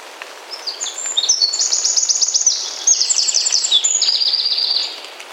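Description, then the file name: Eurasian wren song, bright and very high, with quick repeated notes joined into rattling trills that change pitch several times before the song stops near the end. "Troglodytes troglodytes"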